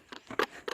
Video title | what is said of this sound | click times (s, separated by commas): UNBOXING/REVIEW/UPDATE: Lasko Fan/Heater -- @CoastalCraftFilAm | this group on the other side so it snaps right in now | 0.4 s